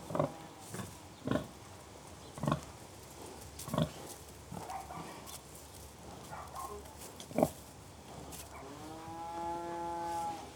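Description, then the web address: Pig grunting, several short low grunts at irregular intervals, ending in a sustained higher whine. Three pigs, grunting occasionally; livestock. "BBC Sound Effects Library BBC Livestock Three Pigs Grunting Occasionally"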